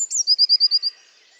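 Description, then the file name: Eurasian blue tit song: a short high note sliding down into a quick trill of several clipped notes, then quiet. "Cyanistes caeruleus"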